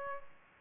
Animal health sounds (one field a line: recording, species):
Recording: mosquito wingbeat signal from an infrared sensor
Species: Aedes aegypti